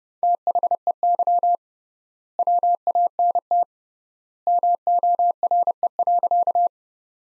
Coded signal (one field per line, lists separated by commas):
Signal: Morse code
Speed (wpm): 30 wpm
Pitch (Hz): 700 Hz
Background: none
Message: THEY WANT MORE.